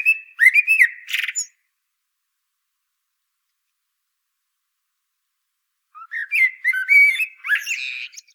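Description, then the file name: Common blackbird song: a mellow warbled phrase ending in a scratchy high flourish, silence for several seconds, then another fluty phrase with thin squeaky notes. "Turdus merula"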